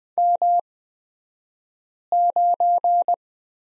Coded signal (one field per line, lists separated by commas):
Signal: Morse code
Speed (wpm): 20 wpm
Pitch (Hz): 700 Hz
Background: none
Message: M9